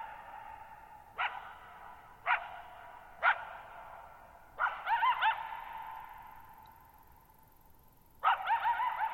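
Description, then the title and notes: Coyote barking three times about a second apart, then breaking into wavering yips, all with long echoes. Lone coyote at night, July 14, 2019, near Thirtymile Meadows, Okanogan National Forest (Okanogan High Country), Pacific Northwest, 6400 ft; high, mostly dry plateau among tall mountains, shallow bowl-shaped meadow, boggy ground. "Lone Coyote at Thirtymile Meadows. I spent the night of July 14, 2019, camped near Thirtymile Meadows in the Okanogan National Forest at 6400 ft (1950 m)"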